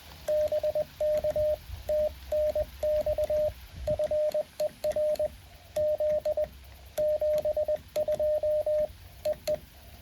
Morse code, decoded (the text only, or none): BK TNX FER Z 72 EE